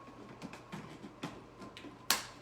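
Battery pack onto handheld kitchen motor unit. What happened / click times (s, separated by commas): The plastic battery pack snapped home onto the tool body / 2.1 s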